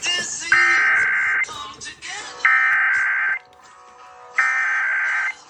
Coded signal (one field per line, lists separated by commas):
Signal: Emergency Alert System (SAME) tones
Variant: header bursts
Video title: EAS Indiana Required Monthly Test on WIKY FM and WABX FM (EAS #76) - 5-21-26